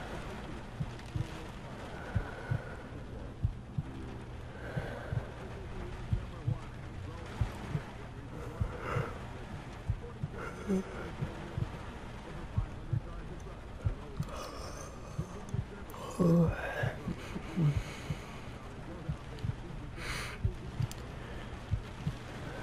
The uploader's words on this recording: Sleeping in eddie’s trailer on a rainy night whilst the tv is quietly on.